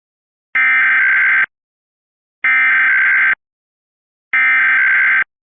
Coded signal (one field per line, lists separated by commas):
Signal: Emergency Alert System (SAME) tones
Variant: header bursts